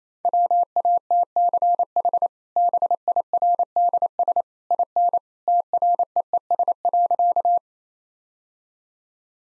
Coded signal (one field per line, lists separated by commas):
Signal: Morse code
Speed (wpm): 27 wpm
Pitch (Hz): 700 Hz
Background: none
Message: WATCH BIRDS IN TREES.